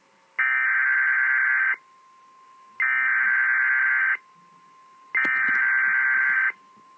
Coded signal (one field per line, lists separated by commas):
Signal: Emergency Alert System (SAME) tones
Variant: header bursts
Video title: The Same EAS 375 on WAHC-PGH